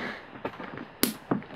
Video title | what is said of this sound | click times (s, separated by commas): Parents and Collectors Guide to a Deep Dive Submarine Adventure | There's the clicking sound. Now this fin is in place. | 1.0 s